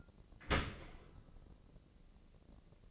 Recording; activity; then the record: daily activity, microphone in the room; open dishwasher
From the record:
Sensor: 4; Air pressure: 1013.2 hPa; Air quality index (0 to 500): 170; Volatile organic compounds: 2 ppm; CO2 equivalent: 1073 ppm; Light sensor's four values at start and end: 82/203/85/87 and 81/200/83/85